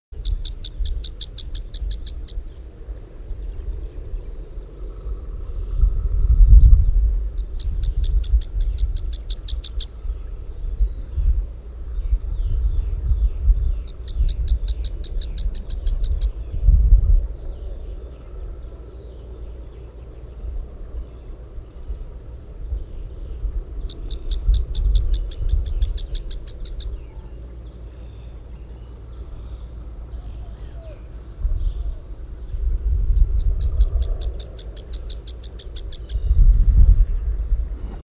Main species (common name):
Meadow Pipit